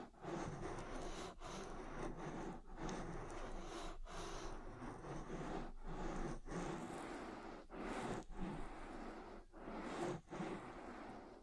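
Oil ear massage: a continuous wet, slippery rubbing sound fills the clip, dense and full from low to bright. Regular brief dips break it roughly every one to one and a half seconds, as strokes pause and restart, with occasional squishy accents.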